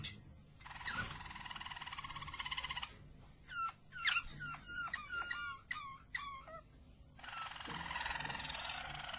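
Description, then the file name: Harz Roller canary song: rolling trills, then a run of separate sharp descending notes and whistles, then another long roll. Harz Roller canary, described as a Belgian canary; its song. "canto do canario belga harz roller"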